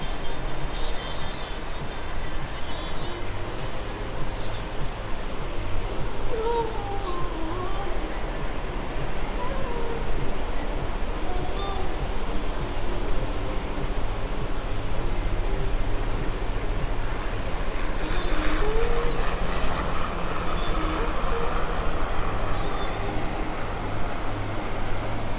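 A steady low roar of crowd and ride machinery at Santa Monica Pier, with faint voices, brief whistles, and a bright clatter near nineteen seconds.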